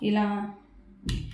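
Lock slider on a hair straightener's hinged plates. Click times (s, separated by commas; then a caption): 1.1 s. The plates of a hair straightener are pressed together and the small lock slider on its hinged plates is slid so it clicks shut. Someone talks at the start, then a sharp, short click is heard at 1.1 s. The straightener is locked.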